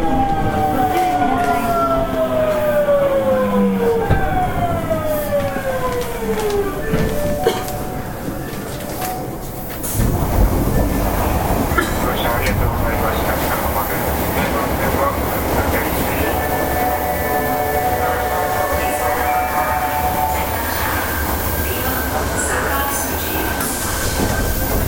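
A subway train runs with a steady low rumble throughout. Early on, motor tones glide downward as the train slows, then around ten seconds the roar thickens and a new set of steady whining tones rises as it accelerates. Faint voices sit underneath.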